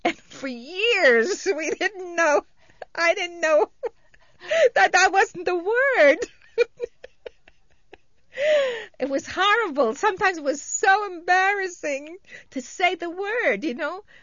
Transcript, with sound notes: For years, we didn't know, I didn't know that that wasn't the word. ( she laughs ) It was horrible. Sometimes it was so embarrassing to say the word, you know.